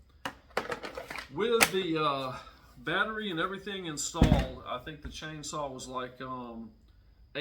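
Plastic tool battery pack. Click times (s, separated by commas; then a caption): 0.3 s, 0.6 s. A thumb presses the small catch above the plastic 40V battery pack on a Kobalt cordless chainsaw, and the pack pops out of the chainsaw's battery bay with sharp clicks at 0.3 s and 0.6 s, followed by a few softer knocks. Someone talks over the rest of the clip. The battery is released.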